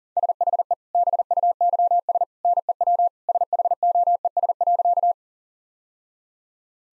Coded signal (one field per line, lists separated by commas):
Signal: Morse code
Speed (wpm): 40 wpm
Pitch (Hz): 700 Hz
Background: none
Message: SHE BUYS NEW SHOES.